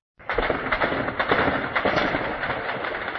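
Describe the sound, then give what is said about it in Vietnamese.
Artillery and mortar shelling by Syrian government forces on the Bab Amer and Bab Siba districts of Homs, Syria: a dense, continuous roar of noise broken by repeated sharp booms and cracks arriving in quick, irregular succession, loud throughout with no voices. “Lực lượng chính phủ Syria đã sử dụng đạn đại bác, pháo binh và súng cối, pháo kích dữ dội vào các quận Bab Amer và Bab Siba ở thành phố Homs.”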